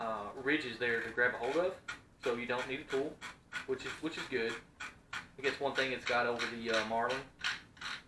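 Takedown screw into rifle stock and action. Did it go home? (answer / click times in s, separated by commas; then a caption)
no / none. Someone talks while handling the ridged takedown screw of a Savage Model 64 takedown .22 LR rifle during reassembly, turning it into the stock and action, with faint rubbing and handling noises under the speech. The screw's detent is meant to click and lock it in place, but nothing has seated or clicked yet.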